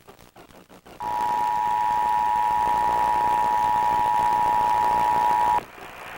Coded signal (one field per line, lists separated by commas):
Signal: Emergency Alert System (SAME) tones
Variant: 853 and 960 Hz attention tone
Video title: KGW Emergency Alert System Test (September 4, 2001)